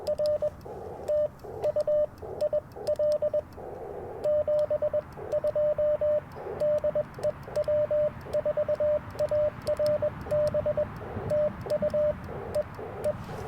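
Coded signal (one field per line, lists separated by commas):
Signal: Morse code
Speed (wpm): 22 wpm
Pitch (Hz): 600 Hz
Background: radio noise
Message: R TU IL 72 DE W4ARB TU E E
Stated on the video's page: QRP CW Parks on the Air activation on 40 m and 30 m, using an Icom IC-705, magnetic loop antenna and paddles.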